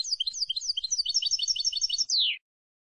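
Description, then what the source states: European goldfinch with a brisk twittering song of slurred high notes, finishing in a downward buzzy call. Clean goldfinch song for copying, used to train song.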